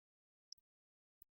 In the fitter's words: So we're going to twist these ones, and we should hear a click.